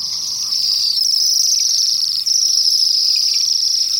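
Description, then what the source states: Bohemian Waxwing flock calls: a dense, continuous shimmer of high, thin trilled notes from many birds at once, overlapping with only one brief dip. Flock of hundreds perched in the top of a poplar near apple orchards along the Columbia River in winter; nomadic winter visitors from northern boreal forests, searching for fruit.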